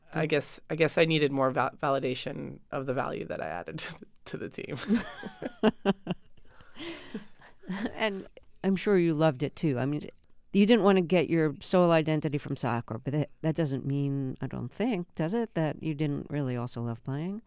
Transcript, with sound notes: I guess I needed more validation of the value that I added to the team.
(LAUGHTER)
And I'm sure you loved it, too. I mean, you didn't want to get your sole identity from soccer, but that doesn't mean, I don't think - does it? - that you didn't really also love playing.